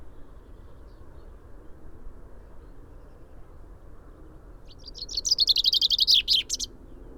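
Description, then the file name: Common chaffinch song: a single rattling cascade of high notes dropping in pitch and finishing with a brief flourish, over quiet low background noise. "Fringilla coelebs"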